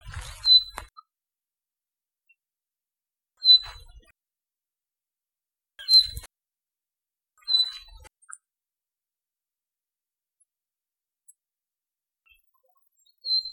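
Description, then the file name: Common chaffinch calls: short, thin, high notes given singly every few seconds, each with a brief click-like noise. "Fringilla coelebs"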